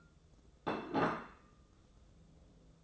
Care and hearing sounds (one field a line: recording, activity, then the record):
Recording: daily activity, microphone in the room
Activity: place plate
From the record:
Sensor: 3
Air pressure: 995.2 hPa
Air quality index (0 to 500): 76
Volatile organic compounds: 5 ppm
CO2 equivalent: 1795 ppm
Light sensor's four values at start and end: 15/45/19/16 and 15/45/19/15